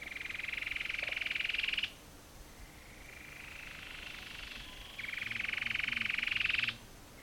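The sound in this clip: Cherrie's antwren with rattling pulsed trills, each about two seconds and slightly rising, a softer trill between them, steady low hum behind.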